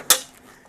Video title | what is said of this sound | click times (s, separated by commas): How To Use A Drywall Lift - Panel Lift Setup | You heard that click. | 0.1 s